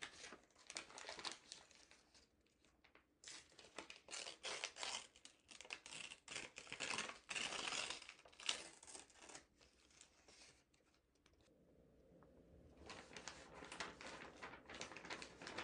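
Paper rustles and crinkles in dense, irregular bursts, pausing briefly around eleven seconds before resuming more softly.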